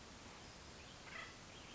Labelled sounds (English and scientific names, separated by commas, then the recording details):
Acorn Woodpecker (Melanerpes formicivorus)
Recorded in Sonoma County, California